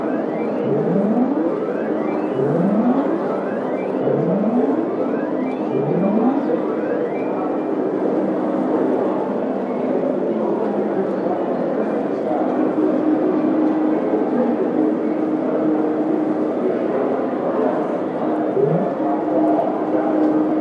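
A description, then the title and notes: Casino sounds fill the air as a dense, steady wash of murmuring voices and machine noise. Rising electronic whoops repeat every second or so for the first seven seconds, then give way to held electronic tones, with one more whoop near the end. The symphony of sounds that permeate the casino landscape.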